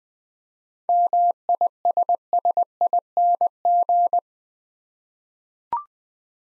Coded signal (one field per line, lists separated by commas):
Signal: Morse code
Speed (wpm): 20 wpm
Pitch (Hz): 700 Hz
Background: none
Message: MISSING